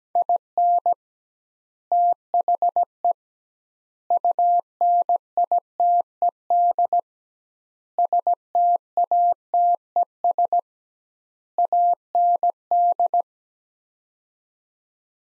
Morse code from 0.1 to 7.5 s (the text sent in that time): IN THE UNITED